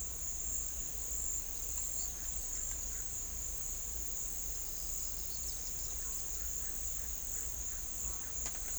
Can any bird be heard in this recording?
no